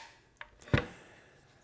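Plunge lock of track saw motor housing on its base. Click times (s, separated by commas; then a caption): 0.4 s. With the trigger release pressed, a Festool TS track saw's motor housing is plunged down on its base for a blade change until the plunge lock engages with a sharp click at 0.4 s, followed by a louder, heavier knock around 0.7–0.8 s. The saw is now locked in the down position, which holds the blade down and stops it from rotating.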